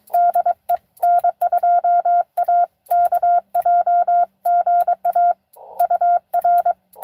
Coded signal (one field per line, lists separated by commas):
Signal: Morse code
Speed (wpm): 20 wpm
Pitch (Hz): 690 Hz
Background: none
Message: DE N2AKJ GA UR